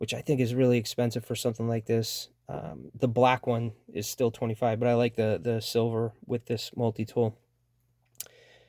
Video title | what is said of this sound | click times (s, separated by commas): Leatherman Arc Multitool | the bits also fit inside it it's magnetized so they do snap into place which is pretty | 8.2 s